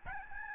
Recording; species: mosquito wingbeat signal from an infrared sensor; Aedes albopictus